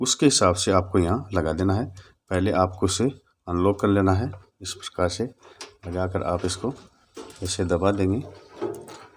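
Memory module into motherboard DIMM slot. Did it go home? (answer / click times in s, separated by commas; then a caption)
no / none. Someone talks while a DDR3 memory module is positioned over a Zebronics H61 motherboard RAM slot, with the slot clips unlocked, and is about to be pressed down. Faint handling noises come near the end, around 8.8 s. Nothing has seated or clicked yet.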